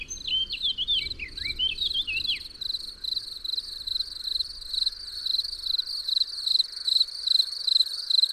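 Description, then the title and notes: Crickets chirping in a steady high pulsing band, with a blackbird's fluty, warbled song phrase at the start before the crickets carry on alone. June 1999 at Massignieu-de-Rives, France, after a thunderstorm; Tascam DAP-1 recorder and Telinga microphone. "Massignieu-de-Rives, France - juin 1999 orage et merle. Merle et orage, puis grillons"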